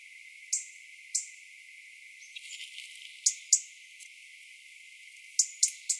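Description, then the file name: European robin giving sharp, clicking tick calls, singly and in quick runs, scattered irregularly. "Erithacus rubecula"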